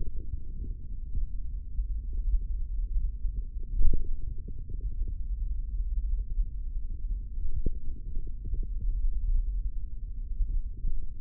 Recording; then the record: forearm muscle sounds (acoustic myography)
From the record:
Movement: hand opening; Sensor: system 3, bracelet of six PUI Audio POM-2738L microphones around the upper forearm, with dedicated amplification and filtering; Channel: 2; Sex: male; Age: 25 years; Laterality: right